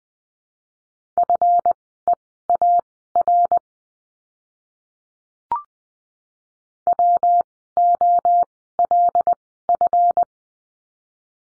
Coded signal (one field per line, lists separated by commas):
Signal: Morse code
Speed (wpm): 20 wpm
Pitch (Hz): 700 Hz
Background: none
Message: FEAR WOLF